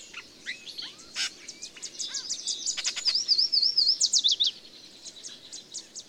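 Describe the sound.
Bird song from several singers: sharp upward chirps and whistles, then a bright wavering zigzag warble, over a soft steady background hiss.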